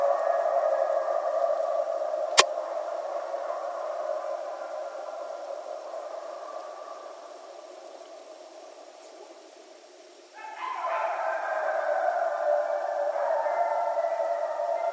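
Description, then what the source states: Coyote chorus of long overlapping tonal howls that slowly fade, a sharp click early on, then a renewed burst of sliding howls over the last few seconds. Several coyotes, recorded on 14 January 2012.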